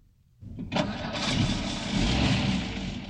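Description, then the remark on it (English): A car engine cranks briefly, catches with a sharp burst, then settles into a steady, loud rumbling idle with a broad hiss, no voices present. “Listen, the Morgans are on their way home now. They're in their car.”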